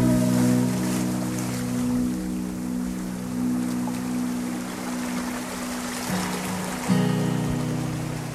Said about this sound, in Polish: Nie chciałam zacząć mówić na tym szumie fal i delikatnej gitarze, bo ona tylko jeszcze bardziej podkreśla wrażliwość i marzycielstwo